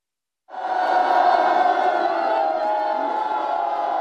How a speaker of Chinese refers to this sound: 村民们聚拢在路旁，手捧洁白的哈达，欢呼着向总书记问好。脱帽向总书记致敬。